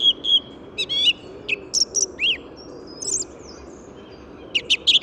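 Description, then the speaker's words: Song Thrush song: sharp, clear whistled notes and brief high trills in short phrases separated by pauses, over a low steady rumble of traffic. Calm, deliberate song of phrases of repeated notes, heard just before daybreak in spring in an urban park in the Paris region, with city and A4 motorway noise behind. "Et là, actuellement, pour ce presque lever du jour, je suis sur une grive musicienne, avec son chant posé, réfléchi, des phrases constituées de notes répétées, très agréables."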